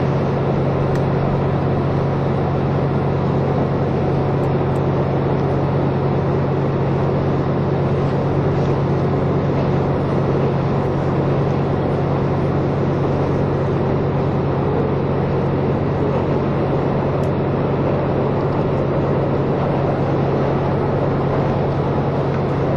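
Interior sound of the KiHa 183 series "Aso Boy!" diesel train running from Kumamoto toward Miyaji. A steady, unchanging drone holds throughout, with a strong low hum and a dense rumble over it, and a few faint clicks at the top near 1, 4–5 and 17 seconds.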